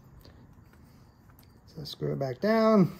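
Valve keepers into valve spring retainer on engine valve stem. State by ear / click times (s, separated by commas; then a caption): not seated / none. Pressure on a valve spring compressor is released by unscrewing it on the back side so the metal valve keepers can lock into the spring retainer on a small engine valve stem. Faint metallic ticks are heard between about 0.2 and 1.4 seconds, then someone talks. The keepers have not caught or seated, so the compressor is screwed back down to try again.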